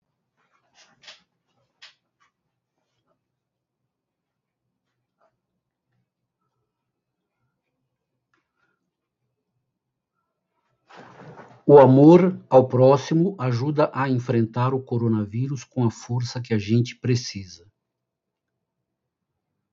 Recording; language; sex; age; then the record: spoken sentence; Brazilian Portuguese; male; 60 to 69 years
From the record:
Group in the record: control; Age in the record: 62 years